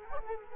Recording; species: mosquito wingbeat signal from an infrared sensor; Culex quinquefasciatus